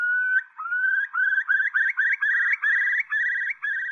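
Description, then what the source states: Eurasian curlew song: a rising whistle that breaks into a series of rising, bubbling notes. Red-listed in the UK; haunting spring song; found in wetland and grassland, often near farmland, especially in the north and in coastal regions.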